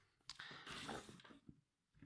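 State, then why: Seated. A new plastic head part from an XT009 upgrade kit for Ultra Magnuson is pushed up into place on an action figure. A sharp plastic click at 0.3 s is followed by a burst of rubbing, handling noise and a few softer taps. The head part clicks up and seats, fully installed.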